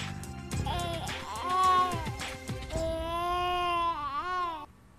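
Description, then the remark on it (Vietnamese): A newborn baby girl, only as big as two adult hands, cries in a series of wavering, high-pitched wails, the pitch rising and falling with short breaks between bursts, fairly strong and sustained before fading out at the end. “Cô nhóc chỉ lớn bằng hai bàn tay của người trưởng thành phát ra tiếng khóc không quá to rõ, nhưng vẫn rất khỏe mạnh.”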